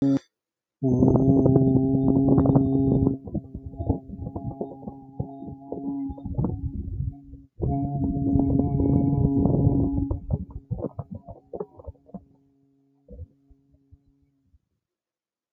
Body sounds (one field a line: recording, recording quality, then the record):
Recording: sustained vowel as in boot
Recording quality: moderate, slight background noise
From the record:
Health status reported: healthy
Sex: male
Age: 33 years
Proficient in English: yes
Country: India